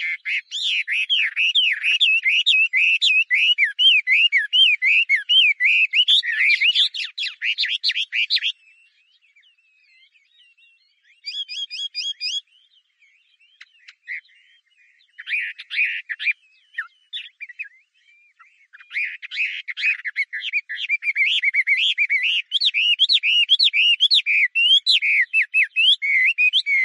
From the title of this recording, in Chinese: 画眉鸟的叫声